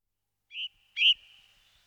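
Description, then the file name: Ring ouzel song: two clear ringing notes, the second louder, each followed by a thin trailing tone. Song; 2004. "roche 2004 ringdrossel"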